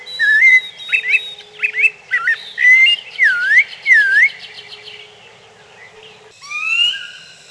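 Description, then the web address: Bird song of varied whistled phrases, choppy chirps followed by two swooping dipped whistles, then a short pause and a rising whistle with bright overtones. Recorded in North America. "Peterson North American Birds"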